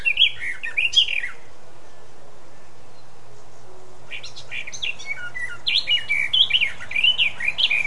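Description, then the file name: Eurasian blackcap song: a brief warbled phrase, then a quiet gap of about three seconds before a longer run of varied fluting, whistled notes. "Sylvia atricapilla"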